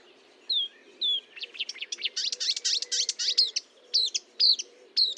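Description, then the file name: Marsh warbler song: thin whistles opening into a dense, buzzy chatter, then loud clipped notes repeated about twice a second. Recorded at Fontaine-Française (Fourneau), France, on 1 June 2022 at 10:55, with a Nagra recorder and Telinga microphone. "Rousserolle verderolle 1055 Fontaine-Francaise-Fourneau"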